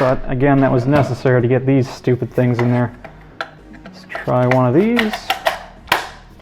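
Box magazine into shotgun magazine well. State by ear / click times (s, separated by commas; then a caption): seated / 5.9 s. Someone talks while another box magazine is inserted into the magazine well of an SAS-12 shotgun with a modified magazine catch, with small handling clicks along the way. At 5.9 s a sharp click is heard as the catch engages, and the magazine locks up super tight.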